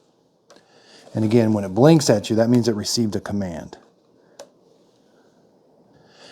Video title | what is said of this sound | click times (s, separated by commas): Glade Plugin Plus Air Freshener Scented Oil REVIEW & How To Set Timer Switch | Very easy to install until it snaps. | 0.5 s